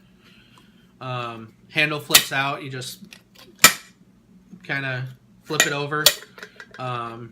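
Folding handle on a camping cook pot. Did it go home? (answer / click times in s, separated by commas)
yes / 3.6 s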